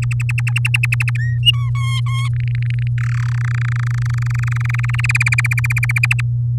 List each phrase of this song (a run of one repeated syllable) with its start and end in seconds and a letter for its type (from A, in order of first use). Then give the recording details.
0.02-1.10 A, 1.18-1.38 B, 1.43-1.70 C, 1.75-2.28 D, 2.33-2.88 E, 2.98-3.39 F, 3.41-5.06 G, 5.09-5.99 H, 6.03-6.21 I. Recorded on 7 May 2018 at 13:39. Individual llb16